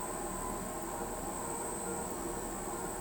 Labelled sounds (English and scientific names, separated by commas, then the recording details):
none
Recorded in pastures near Pivijay, Magdalena, Colombia, on 18 April 2023 at 01:00
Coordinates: 10.456, -74.369
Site P6-G026